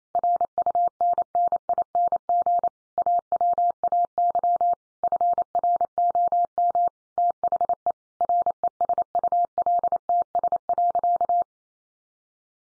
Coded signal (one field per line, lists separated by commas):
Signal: Morse code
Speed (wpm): 28 wpm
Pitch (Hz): 700 Hz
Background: none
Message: RUNNING AWAY FROM THE RESULTS.